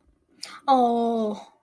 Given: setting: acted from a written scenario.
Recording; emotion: vocal sound without words; shame